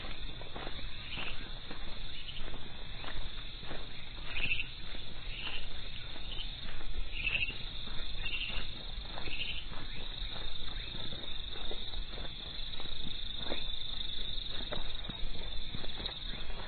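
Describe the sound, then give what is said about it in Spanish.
A nighttime jungle ambience: a steady, dense chorus of chirping insects fills the background, with scattered soft crackling steps or rustles breaking through now and then. “Tanta luciérnaga y la selva.”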